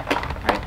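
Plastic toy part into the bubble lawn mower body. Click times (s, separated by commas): 0.5 s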